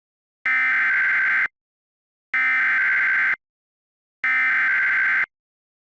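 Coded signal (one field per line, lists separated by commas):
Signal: Emergency Alert System (SAME) tones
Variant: header bursts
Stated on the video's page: Mock, not a real alert: a fictional severe thunderstorm emergency scenario.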